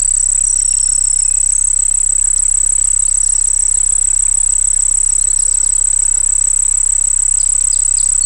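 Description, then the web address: Cricket song, a steady, very high, rapidly pulsed trill running unbroken throughout, with a low pulsing hum underneath and faint chirps. Crickets singing by a pond. "Dr Sound Effects. Crickets Singing By a Pond"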